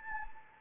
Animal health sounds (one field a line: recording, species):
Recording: mosquito wingbeat signal from an infrared sensor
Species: Anopheles gambiae